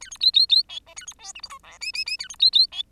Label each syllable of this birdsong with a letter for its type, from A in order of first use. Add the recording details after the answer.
A B C C C D E A B F G H I J K K K A B C C D. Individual Bird10